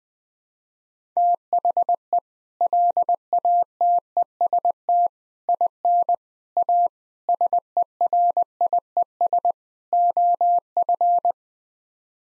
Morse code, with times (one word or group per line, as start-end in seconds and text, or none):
1.2-2.2 THE
2.6-5.1 LATEST
5.5-6.1 IN
6.6-6.9 A
7.3-9.5 SERIES
9.9-11.3 OF